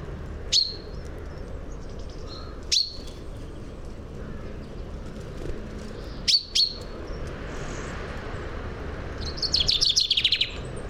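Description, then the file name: Common chaffinch calls: sharp, short metallic notes given singly or in pairs at irregular intervals, then a quick bright trill near the end, against a constant low rumble. "Fringilla coelebs"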